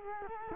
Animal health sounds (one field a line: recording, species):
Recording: mosquito wingbeat signal from an infrared sensor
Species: Culex quinquefasciatus